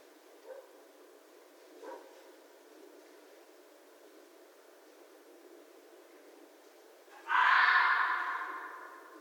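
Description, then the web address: Red fox call: two faint short sounds early on, then after a quiet stretch one loud, harsh, raspy scream that trails off slowly. Recorded 11 January 2012. "Red Fox 2012 01 11 Red Fox long"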